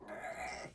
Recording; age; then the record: pig call; piglet (1 to 25 days)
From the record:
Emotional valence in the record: negative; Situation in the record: castration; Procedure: castration, shear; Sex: male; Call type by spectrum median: low-frequency call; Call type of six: high-frequency stable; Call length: 0.74 s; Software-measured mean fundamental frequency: 220 Hz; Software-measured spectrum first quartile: 646 Hz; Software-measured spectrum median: 1207 Hz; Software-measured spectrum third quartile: 2481 Hz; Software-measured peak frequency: 654 Hz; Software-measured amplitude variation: 123 dB a second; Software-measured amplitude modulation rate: 26.3 a second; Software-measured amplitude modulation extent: 4.7 dB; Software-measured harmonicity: 1.9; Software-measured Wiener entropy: -1.20